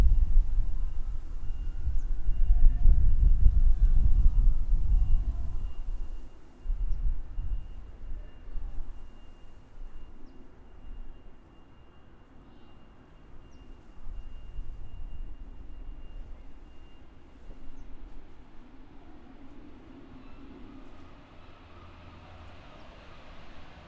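Outdoors in a town square, a vehicle rumbles in the first few seconds, then fades away, leaving a low, steady hum of traffic. A faint thin tone lingers through most of the clip, and softer passing sounds return briefly later.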